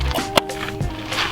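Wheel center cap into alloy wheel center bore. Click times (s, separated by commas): 0.4 s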